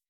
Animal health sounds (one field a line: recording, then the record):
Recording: hydrophone in a shrimp aquaculture tank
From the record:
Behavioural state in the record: weakened